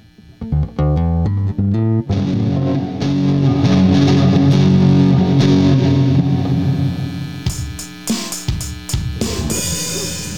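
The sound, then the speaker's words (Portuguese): A few quick picked notes give way to a loud, buzzing, heavily distorted electric guitar chord that rings out, then breaks into choppy bursts of harsh noise. No one speaks. “Foda da distorção mais agressiva é o ruído.”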